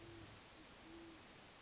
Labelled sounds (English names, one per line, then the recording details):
Great Horned Owl
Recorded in Sonoma County, California